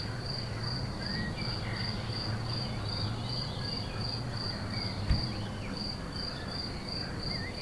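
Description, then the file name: Crickets chirr in a constant fast-beating high tone, with a few faint bird notes and a single soft thump past the middle. Field recording with crickets and birds at la Plaine Tonique, 14 May 2017, recorded on an MZ-N710 device. "Grillons oiseaux grenouilles la Plaine Tonique 14 05 17"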